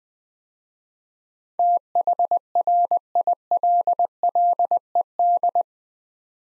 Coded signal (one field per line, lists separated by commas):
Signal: Morse code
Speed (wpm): 20 wpm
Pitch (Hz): 700 Hz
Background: none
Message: THRILLED